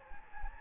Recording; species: mosquito wingbeat signal from an infrared sensor; Anopheles gambiae